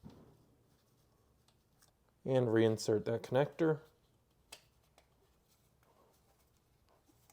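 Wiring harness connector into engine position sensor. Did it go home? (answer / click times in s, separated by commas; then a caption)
yes / 4.5 s. The wiring harness connector is pushed back onto the newly fitted camshaft/crankshaft position sensor on the engine of a 2013 VW Jetta SE 2.5L. Someone talks, then a sharp click is heard at 4.5 s as the connector seats into place, followed by a few faint ticks.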